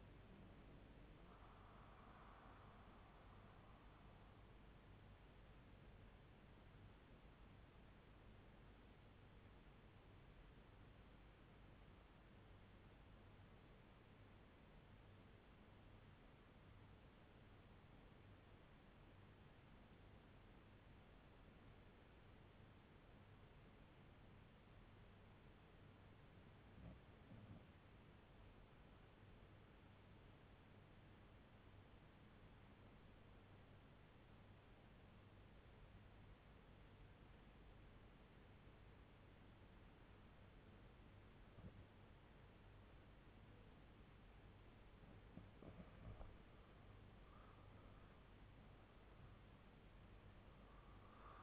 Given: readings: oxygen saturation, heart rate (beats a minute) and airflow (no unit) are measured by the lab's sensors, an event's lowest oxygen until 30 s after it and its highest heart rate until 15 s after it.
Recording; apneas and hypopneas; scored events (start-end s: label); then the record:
breathing in sleep by a voice recorder at the bedside; 1
7.00-43.70 s: obstructive apnea (N1, oxygen 96% highest, then 80% lowest, heart rate 62 at the start, 77 highest)
From the record:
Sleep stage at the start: N1 (lightest sleep); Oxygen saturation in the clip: 80 to 96%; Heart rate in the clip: 62 to 76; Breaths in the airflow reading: 3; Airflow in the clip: -8.0 to 12.6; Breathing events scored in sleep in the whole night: 368 in 8.0 hours asleep